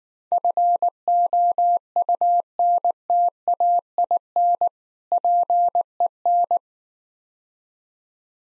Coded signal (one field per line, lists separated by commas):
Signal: Morse code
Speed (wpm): 19 wpm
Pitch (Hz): 700 Hz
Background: none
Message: FOUNTAIN PEN